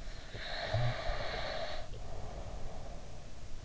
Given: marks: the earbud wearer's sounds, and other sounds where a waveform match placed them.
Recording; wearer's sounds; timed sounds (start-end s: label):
sounds in sleep by an in-ear microphone; breath
0.34-3.33 s: breath